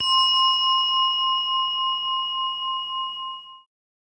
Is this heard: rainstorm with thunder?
no